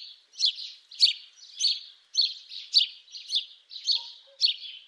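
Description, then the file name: House sparrow chirping, a steady series of harsh cheeps repeated roughly twice a second, with no other clear sounds. "Domovyj vorobej Passer domesticus"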